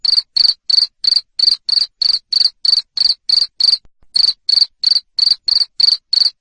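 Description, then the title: Cricket sound of sharp, rasping chirps repeated about three times a second, one brief gap midway, otherwise unbroken and uniform. Loud cricket chirping played to stimulate lovebirds to sing continuously. "Suara JANGKRIK NGERIK Keras Bikin LOVEBIRD Jadi NGEKEK Terus"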